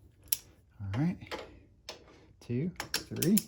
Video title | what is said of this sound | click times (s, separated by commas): TEKTON 1/4 and 3/8 Drive Torque Wrenches | do quarter turns till we start feeling the click of the torque wrench | 0.3 s